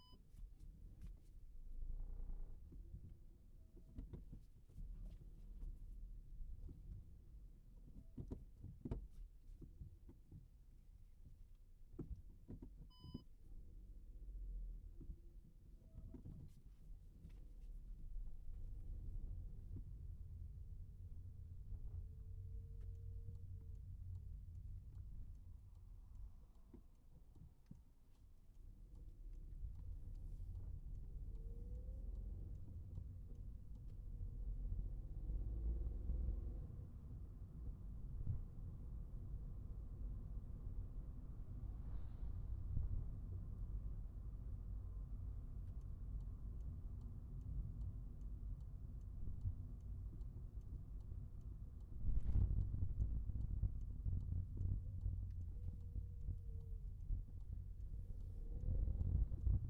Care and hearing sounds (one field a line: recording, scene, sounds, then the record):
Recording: everyday scene through a hearing-aid microphone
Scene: in a vehicle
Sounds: engine, rumble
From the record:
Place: Skoda Fabia, gasoline engine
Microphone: behind the ear, right, front